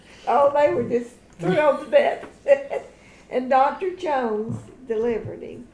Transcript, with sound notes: Oh, they were just thrilled to death! (laughs) And Doctor Jones delivered him.